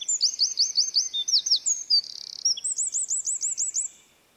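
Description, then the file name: Eurasian wren singing fast, shrill repeated notes and a dry buzzy trill in the middle, ending with a run of high chirps. "Troglodytes troglodytes"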